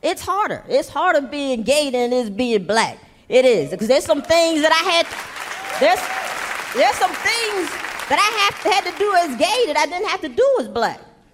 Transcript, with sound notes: It's harder being gay than it is being black. It is because there's some things that I had...
(APPLAUSE)
...There's some things that I had to do as gay that I didn't have to do as black.